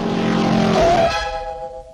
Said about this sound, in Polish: Dodałam jeszcze odgłos szybkiego przemieszczania się.